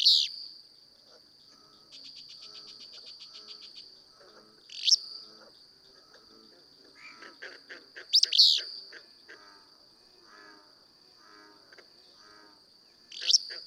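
Willow flycatcher repeating its short buzzy burst a few times at irregular intervals, with a steady high drone, insect pulses and varied background bird notes.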